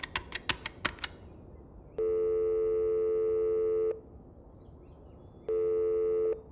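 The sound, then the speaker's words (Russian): A quick run of about seven sharp telephone dialing clicks as a phone number is dialed, then two long, steady ringback tones separated by a pause of silence, with no voices. “Незванов набрал другой номер.”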